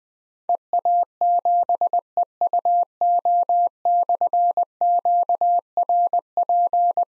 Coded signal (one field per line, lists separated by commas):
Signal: Morse code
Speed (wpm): 20 wpm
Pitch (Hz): 700 Hz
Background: none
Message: EA7EUO/QRP